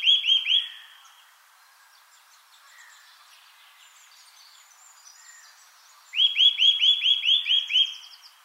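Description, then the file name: Eurasian nuthatch giving fast runs of rising, ringing notes, three at the start and about nine more after six seconds, with faint high bird calls between. "Sitta europaea 110223"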